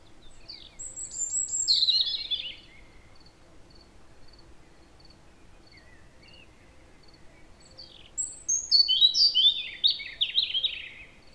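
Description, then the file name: European robin singing two separate bursts of tinkling, descending warbled notes, with a quiet pause between them broken by faint repeated high ticks. "Erithacus rubecula"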